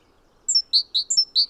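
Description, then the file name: Great tit giving a few quick high notes alternating with clearly lower slurred ones in a short burst. "Parus major"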